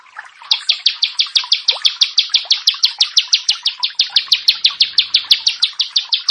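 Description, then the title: Prinia song: a quick series of bright, high chipping notes, several per second, starting softly then steady and loud throughout. "Ciblek Sawah"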